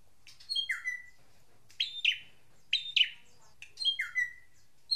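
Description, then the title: Drongo calls: grouped phrases of high chirps ending in a falling slurred whistle, repeated about once a second. "Suara Srigunting Di Download Dari Hobiburung"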